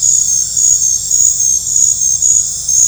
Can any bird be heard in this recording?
no